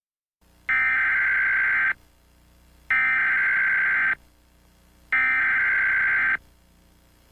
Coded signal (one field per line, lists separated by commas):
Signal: Emergency Alert System (SAME) tones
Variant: header bursts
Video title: Caillou Creates a Fake Emergency Alert/Grounded/Punishment Day